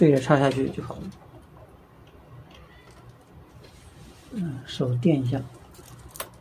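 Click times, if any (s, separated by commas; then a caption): 6.2 s. Someone talks while a front-panel USB 3.0 cable plug is lined up with the notch by its key and pushed down onto the motherboard header. A sharp double click lands at 6.2 s as the connector seats fully.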